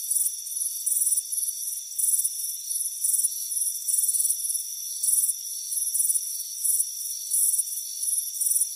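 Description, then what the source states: Crickets chirping in steady high pulsed bursts roughly twice a second, with a continuous high-pitched ringing tone underneath. Warm afternoon, front porch.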